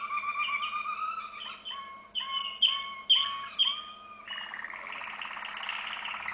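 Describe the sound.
Canary singing a run of bright repeated chirps and whistled notes, several strong accented syllables, then a fast rattling trill to the end, with faint background hum.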